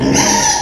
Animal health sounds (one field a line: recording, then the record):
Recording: squeal of a Yucatan mini pig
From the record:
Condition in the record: before surgery on the right vocal fold (resection and tissue-engineered implant)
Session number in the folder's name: 2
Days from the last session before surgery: 0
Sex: male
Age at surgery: 12 weeks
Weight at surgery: 13 kg